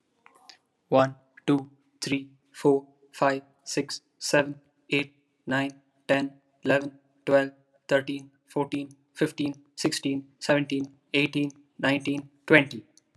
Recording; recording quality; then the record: counting at a normal pace; excellent, no background noise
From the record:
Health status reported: healthy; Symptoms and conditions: none ticked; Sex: male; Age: 20 years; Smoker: not ticked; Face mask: not worn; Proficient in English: yes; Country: India